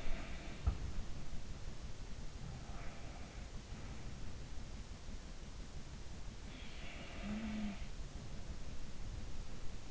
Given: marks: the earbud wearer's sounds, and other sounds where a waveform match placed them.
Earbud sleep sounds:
sounds in sleep by an in-ear microphone; body movement
0.00-2.00 s: body movement
2.33-4.37 s: sound from someone else or the room
6.45-8.96 s: sound from someone else or the room

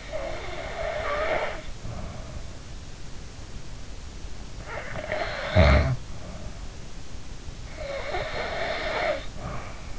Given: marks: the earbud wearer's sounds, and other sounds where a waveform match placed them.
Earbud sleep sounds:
sounds in sleep by an in-ear microphone; snoring breath
0.00-1.88 s: snoring breath
4.48-6.70 s: snoring breath
7.73-9.91 s: snoring breath

